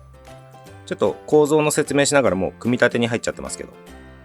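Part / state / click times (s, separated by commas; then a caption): plastic claws of an RC shock absorber case into mounting holes / not seated / none. Two plastic claws on the side of an RC oil damper case, from a two-piece shock absorber set for the WPL C64-1, are handled as they are lined up to snap into two mounting holes. Someone talks over background music, with only faint handling noise underneath. Nothing has seated or clicked yet.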